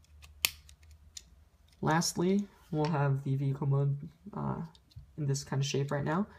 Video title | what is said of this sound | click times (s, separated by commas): Generations Arcee | and you'll hear a snapping motion | 0.4 s